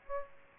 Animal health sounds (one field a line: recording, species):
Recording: mosquito wingbeat signal from an infrared sensor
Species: Aedes aegypti